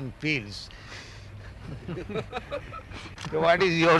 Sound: laughter

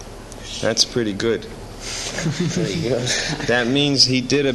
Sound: laughter

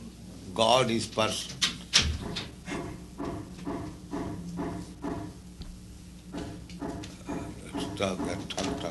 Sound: hammering sound in background

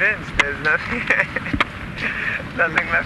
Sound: laughing

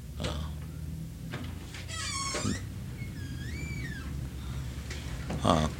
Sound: door opens, people enter

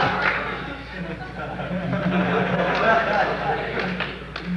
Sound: laughter

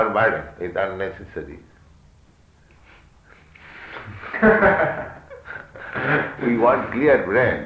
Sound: laughter

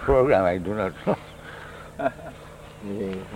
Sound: chuckles

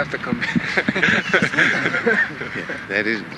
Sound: laughs

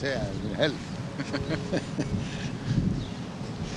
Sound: laughs

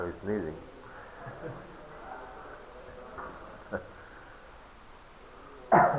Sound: chuckles

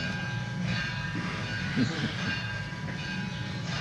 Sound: chuckles

